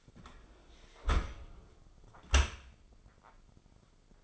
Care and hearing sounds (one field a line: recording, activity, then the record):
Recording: daily activity, microphone in the room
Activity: close dishwasher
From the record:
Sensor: 5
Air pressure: 996.0 hPa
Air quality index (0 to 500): 102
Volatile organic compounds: 7 ppm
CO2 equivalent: 1970 ppm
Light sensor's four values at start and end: 41/97/40/43 and 41/98/41/44